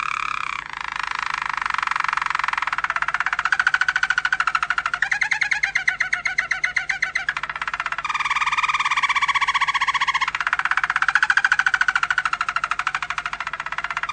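Domestic canary song of continuous rapid buzzy trills, the pitch and texture shifting every few seconds between rolling tours.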